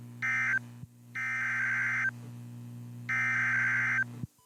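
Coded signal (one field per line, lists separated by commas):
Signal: Emergency Alert System (SAME) tones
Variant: header bursts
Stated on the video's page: Severe thunderstorm warnings from NOAA Weather Radio streams played online on an iPad and Windows laptops, some recorded with the iPad camera.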